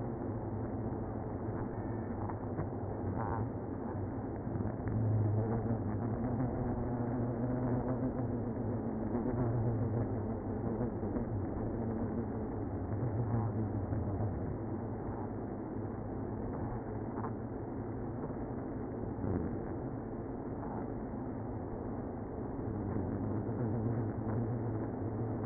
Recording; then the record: honeybee colony, microphone inside the hive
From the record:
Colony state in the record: queenless (queen removed); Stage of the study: after two queens were removed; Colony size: about 60,000 bees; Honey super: yes